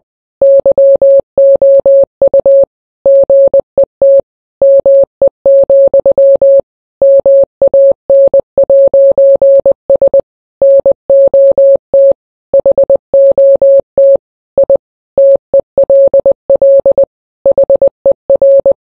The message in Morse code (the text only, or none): YOU GET ME, MAN'S NOT HOT I TELL HER